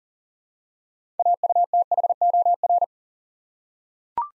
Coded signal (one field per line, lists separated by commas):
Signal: Morse code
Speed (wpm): 43 wpm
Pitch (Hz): 700 Hz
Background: none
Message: AUTHOR